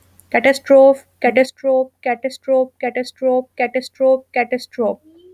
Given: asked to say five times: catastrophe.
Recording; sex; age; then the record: repeated word; female; 20 to 29 years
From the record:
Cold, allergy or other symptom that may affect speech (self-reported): no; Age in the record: 27 years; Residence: North Carolina, United States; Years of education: 14